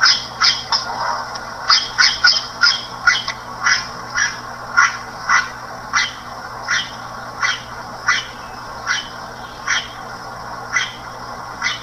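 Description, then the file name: Red-rumped cacique calling rapidly, a busy run of short, harsh, crackling notes, some in quick pairs and clusters, then spacing out, with a steady low hum. "guaxe"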